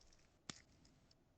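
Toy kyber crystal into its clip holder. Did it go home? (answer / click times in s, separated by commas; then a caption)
yes / 0.5 s. A plastic toy kyber crystal is clipped into its holder on the keychain piece, with faint handling ticks around it. One sharp click at 0.5 s stands out as the crystal seats in the holder.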